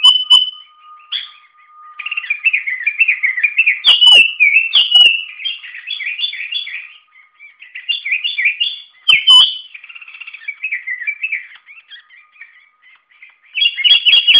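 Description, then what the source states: Sooty-headed bulbul song, a long run of varied warbled and chirpy phrases in bursts, with short pauses and a faint steady tone underneath at times. Vigorous, continuous song.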